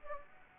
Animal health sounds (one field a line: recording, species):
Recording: mosquito wingbeat signal from an infrared sensor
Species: Anopheles gambiae